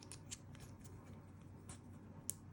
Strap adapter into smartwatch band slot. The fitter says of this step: nice click smart that was pretty good